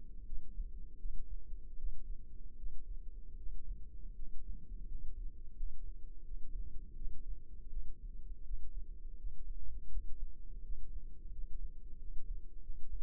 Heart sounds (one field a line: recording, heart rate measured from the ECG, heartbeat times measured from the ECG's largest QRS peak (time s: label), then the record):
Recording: heart sounds by microphone in the left ear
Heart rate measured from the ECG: 83 bpm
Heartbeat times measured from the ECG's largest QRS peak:
0.23 s: heartbeat
0.96 s: heartbeat
1.75 s: heartbeat
2.54 s: heartbeat
3.34 s: heartbeat
4.12 s: heartbeat
4.85 s: heartbeat
5.53 s: heartbeat
6.22 s: heartbeat
6.93 s: heartbeat
7.68 s: heartbeat
8.41 s: heartbeat
9.14 s: heartbeat
9.87 s: heartbeat
10.60 s: heartbeat
11.29 s: heartbeat
11.95 s: heartbeat
12.59 s: heartbeat
From the record:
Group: healthy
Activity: rest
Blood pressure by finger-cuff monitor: 110/63 mmHg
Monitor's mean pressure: 76 mmHg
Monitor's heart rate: 82 bpm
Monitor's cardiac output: 7.1 L/min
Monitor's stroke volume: 85 mL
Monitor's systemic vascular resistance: 790 dyn s/cm5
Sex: female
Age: 26 years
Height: 165 cm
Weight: 55 kg